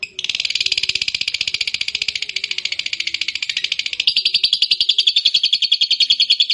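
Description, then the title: Lovebird song: a steady, rapid stream of raspy, buzzing chatter that grows louder after four seconds, with no pauses. Fighter-type lovebird singing energetically (gacor). "SUARA Lovebird FIGHTER GACOR"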